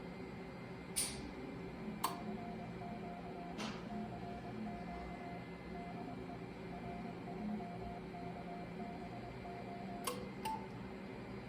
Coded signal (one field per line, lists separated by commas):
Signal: Morse code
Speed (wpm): 22 wpm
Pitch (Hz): 700 Hz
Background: none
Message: CQ CQ DE R3KBO